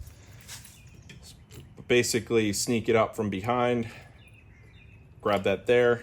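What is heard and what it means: Someone talks while the locking latch of a quick-attach universal RickRak luggage rack, made for Harley-Davidson and aftermarket two-up luggage racks, is slid up from behind onto the motorcycle's sissy bar in a tight fit. The latch is meant to stop theft and hold the rack if the rear mounts give out. Nothing has snapped into place yet.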